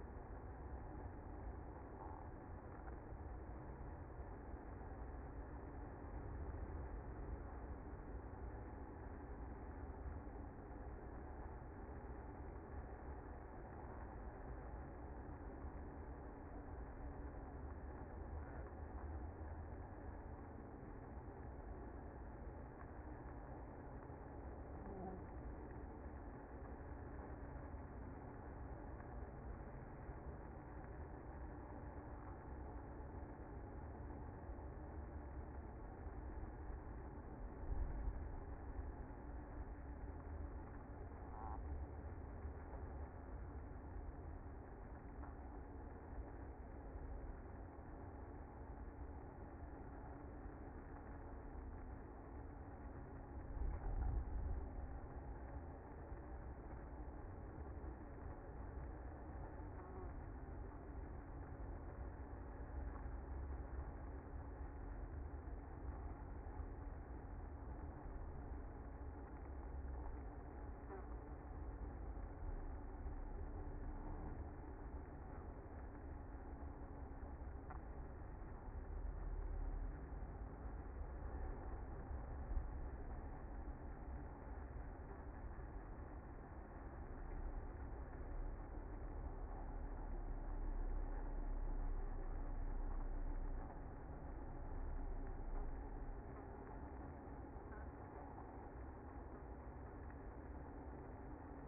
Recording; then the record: honeybee colony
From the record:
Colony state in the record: active